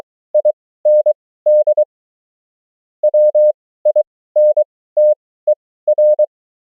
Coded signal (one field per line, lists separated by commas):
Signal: Morse code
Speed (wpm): 23 wpm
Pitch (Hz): 600 Hz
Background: none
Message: IND WINTER